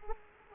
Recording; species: mosquito wingbeat signal from an infrared sensor; Culex quinquefasciatus